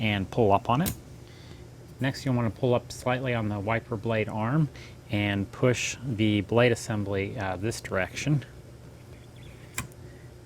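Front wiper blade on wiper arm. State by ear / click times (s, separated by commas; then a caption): released / 9.8 s. Someone talks while a flat blade screwdriver lifts the release tab on the front wiper blade of a 2017-2021 Cadillac XT5 (also fits XT4 and XT6), then the wiper arm is pulled up slightly and the blade assembly is pushed along the metal arm. A sharp click sounds at 9.8 s as the wiper blade comes out of its lock and is released.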